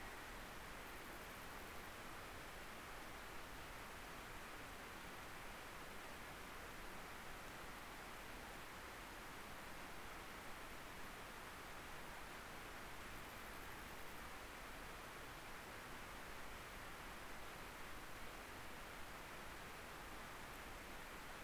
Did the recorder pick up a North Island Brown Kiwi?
no